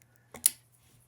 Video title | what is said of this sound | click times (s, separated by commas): Best Lightweight Hunting Tripod Comparison - Tricer vs Aziak vs MUTNT | As you come back down, it locks into place in all three notches. | 0.5 s